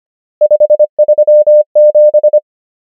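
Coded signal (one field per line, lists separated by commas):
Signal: Morse code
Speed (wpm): 25 wpm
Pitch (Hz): 600 Hz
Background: none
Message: 5 3 7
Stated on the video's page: Morse practice drill of numbers at 25 wpm character speed and 25 wpm word speed.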